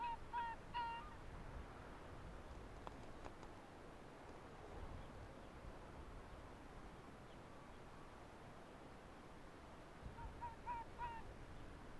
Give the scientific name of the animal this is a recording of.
Vulpes lagopus